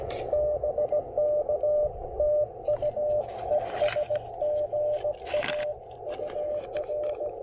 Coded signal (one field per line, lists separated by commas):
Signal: Morse code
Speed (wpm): 17 wpm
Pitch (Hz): 590 Hz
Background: radio noise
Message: BK TU ES GA UR